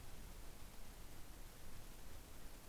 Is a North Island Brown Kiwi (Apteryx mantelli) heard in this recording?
no